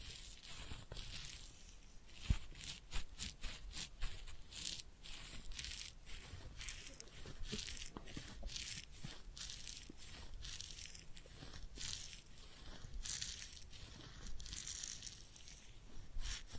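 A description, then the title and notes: A head massage and ear cleaning, heard as dense, rapid rubbing and crinkly scratching strokes that run without pause through the whole clip. The strokes are bright and hissy, coming in quick irregular bursts, with a few sharper knocks and soft murmuring underneath. Real Head Massage and Ear Cleaning.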